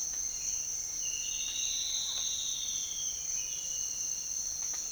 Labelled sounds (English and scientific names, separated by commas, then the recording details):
none
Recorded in dense forest near Puerto Asís, Putumayo, Colombia, on 4 March 2025 at 07:00
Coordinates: 0.500, -76.322
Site GP06